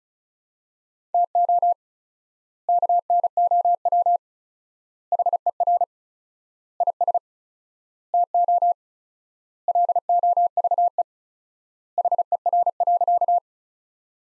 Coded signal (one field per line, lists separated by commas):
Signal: Morse code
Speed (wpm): 36 wpm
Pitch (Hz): 700 Hz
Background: none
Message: TO KNOW HER IS TO LOVE HER.